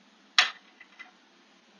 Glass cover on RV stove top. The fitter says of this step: And it's best to travel with it down, and it locks into place by the rubber bumpers on the end here.